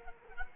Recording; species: mosquito wingbeat signal from an infrared sensor; Culex quinquefasciatus